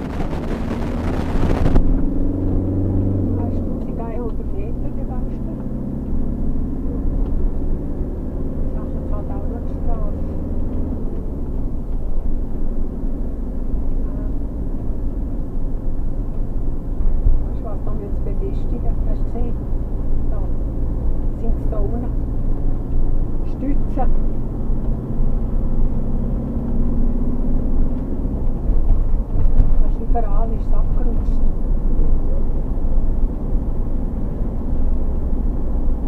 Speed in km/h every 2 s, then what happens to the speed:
29, 35, 35, 38, 40, 42, 42, 44, 44, 44, 46, 48, 51, 55, 55, 53, 53, 55.
0-7 speeds up to 40. 7-21 steady at about 44. 21-26 speeds up to 55. 26-36 steady at about 55.